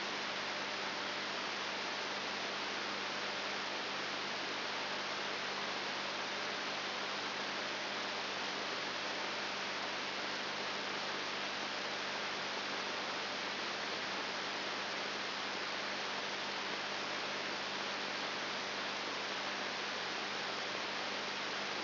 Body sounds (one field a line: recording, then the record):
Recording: brain microelectrode recording played as sound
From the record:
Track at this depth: outside the subthalamic nucleus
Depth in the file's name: 5.9 mm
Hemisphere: left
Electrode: 3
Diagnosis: Parkinson's disease